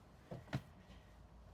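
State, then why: Seated. An OEM-style Mangoal dash camera for a RAV4 is slid straight up into its windshield mount bracket slot behind the mirror. Two short clicks are heard at 0.3 s and 0.5 s, the second one louder and sharper. The camera locks in place.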